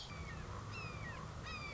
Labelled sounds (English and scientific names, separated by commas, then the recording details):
Red-shouldered Hawk (Buteo lineatus)
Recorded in Sonoma County, California